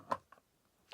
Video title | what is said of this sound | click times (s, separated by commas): Caravan Sunday Tinkering Fridge, Boiler Base Board, Shower and Corner Steadies | And it locks into place and you can have a multiple of them | 0.1 s